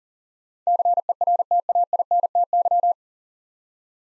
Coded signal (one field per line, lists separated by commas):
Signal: Morse code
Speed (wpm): 40 wpm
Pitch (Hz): 700 Hz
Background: none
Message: CERTAINTY